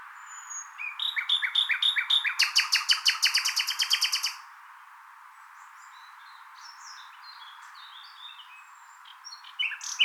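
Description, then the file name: Common nightingale delivering a long series of loud repeated notes, followed by soft scattered twitters and a final sharp note. "Luscinia megarhynchos"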